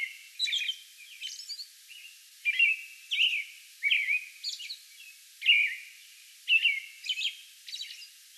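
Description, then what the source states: American robin song: caroling phrases alternating with high thin squeaks, in a steady series of short groups. Song bout recorded May 11.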